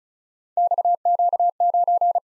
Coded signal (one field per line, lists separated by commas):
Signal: Morse code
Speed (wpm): 36 wpm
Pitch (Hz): 700 Hz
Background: none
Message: XQ9